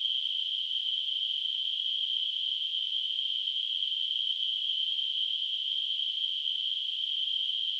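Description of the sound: A steady, high-pitched hiss, like a narrow band of noise around a shrill whistle, holds at constant loudness for about eight seconds without pauses. It is a simulated tinnitus sound, imitating the ringing or hissing heard in the ears without any outside source.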